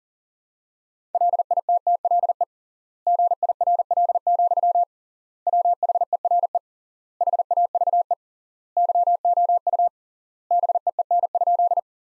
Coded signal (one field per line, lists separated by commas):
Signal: Morse code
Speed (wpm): 40 wpm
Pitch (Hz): 700 Hz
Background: none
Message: LITTLE GIRL, WHERE HAVE YOU BEEN?